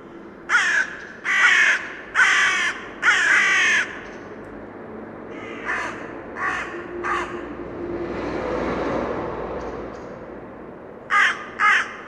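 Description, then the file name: Carrion Crow cawing, four loud harsh caws in quick succession, then softer caws, a brief rushing noise, and two short caws at the end. "Corvus corone"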